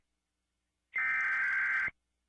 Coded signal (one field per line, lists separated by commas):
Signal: Emergency Alert System (SAME) tones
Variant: header bursts